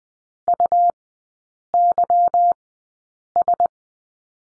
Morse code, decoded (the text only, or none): UYS